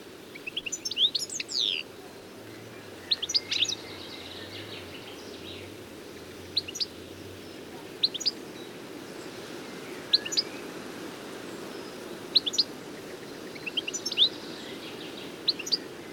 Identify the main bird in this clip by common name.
European Goldfinch